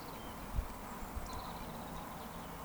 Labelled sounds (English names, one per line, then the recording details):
Eurasian Woodcock whistle
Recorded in Baden-Württemberg, Germany, on 14 June 2020 at 19:23 UTC
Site 14569, 102 m above sea level